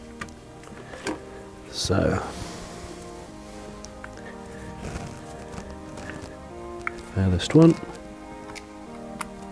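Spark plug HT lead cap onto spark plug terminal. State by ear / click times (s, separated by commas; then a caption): seated / 9.2 s. During a 3000-mile service on a Triumph Stag, an HT lead's cap is pushed onto the top terminal of a spark plug until its clip engages, with music playing and someone talking. Several small taps and knocks sound as the cap is worked on, and a sharp click at 9.2 s confirms the cap has seated on the plug.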